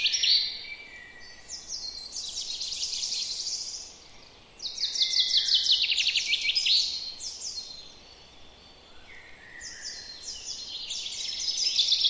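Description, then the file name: Common chaffinch song heard three times: quick, ringing trills stepping down in pitch. "Fringilla coelebs"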